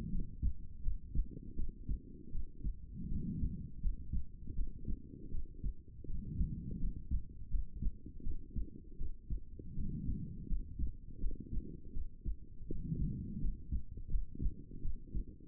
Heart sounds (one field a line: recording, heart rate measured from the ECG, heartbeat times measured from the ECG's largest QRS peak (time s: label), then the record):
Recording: heart sounds by stethoscope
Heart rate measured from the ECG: 82 bpm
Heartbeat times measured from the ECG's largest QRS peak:
0.09 s: heartbeat
0.81 s: heartbeat
1.55 s: heartbeat
2.30 s: heartbeat
3.07 s: heartbeat
3.80 s: heartbeat
4.54 s: heartbeat
5.30 s: heartbeat
6.05 s: heartbeat
6.78 s: heartbeat
7.49 s: heartbeat
8.22 s: heartbeat
8.96 s: heartbeat
9.73 s: heartbeat
10.46 s: heartbeat
11.19 s: heartbeat
11.92 s: heartbeat
12.66 s: heartbeat
13.39 s: heartbeat
14.08 s: heartbeat
14.80 s: heartbeat
From the record:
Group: healthy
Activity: rest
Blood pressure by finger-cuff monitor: 116/64 mmHg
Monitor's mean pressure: 82 mmHg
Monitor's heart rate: 81 bpm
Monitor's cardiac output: 7.8 L/min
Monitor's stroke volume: 97 mL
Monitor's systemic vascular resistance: 750 dyn s/cm5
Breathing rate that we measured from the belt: 18 breaths a minute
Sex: female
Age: 23 years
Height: 160 cm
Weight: 50.4 kg